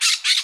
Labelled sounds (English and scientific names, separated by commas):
Brown-throated Parakeet (Eupsittula pertinax) contact call